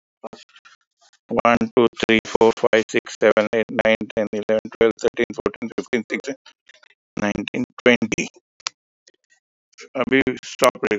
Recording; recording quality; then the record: counting at a fast pace; excellent, no background noise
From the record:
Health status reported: respiratory illness, not identified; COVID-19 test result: negative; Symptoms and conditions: cough, chronic lung disease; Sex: male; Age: 68 years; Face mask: not worn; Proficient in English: yes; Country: India